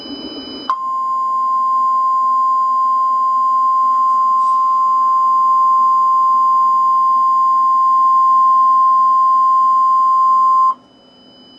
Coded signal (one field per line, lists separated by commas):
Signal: Emergency Alert System (SAME) tones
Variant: 1050 Hz attention tone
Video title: EAS YTP: Tom says earning tornado